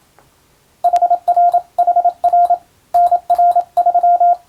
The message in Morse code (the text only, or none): HRHR NR3